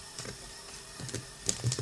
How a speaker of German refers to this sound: Tatsache, ich unterschreibe. Ja, hier ist der Stift.